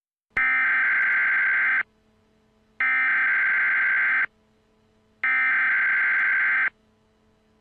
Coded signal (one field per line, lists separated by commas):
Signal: Emergency Alert System (SAME) tones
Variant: header bursts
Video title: Robbie Rotten Is Afraid Of The Emergency Alert System